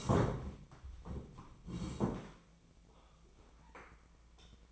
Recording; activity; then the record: daily activity, microphone in the room; sit down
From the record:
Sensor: 1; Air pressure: 1012.3 hPa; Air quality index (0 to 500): 178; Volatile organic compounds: 3 ppm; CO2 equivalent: 1458 ppm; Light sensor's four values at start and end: 46/123/50/62 and 43/118/48/59